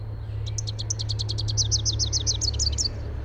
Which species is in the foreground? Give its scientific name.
Basileuterus rufifrons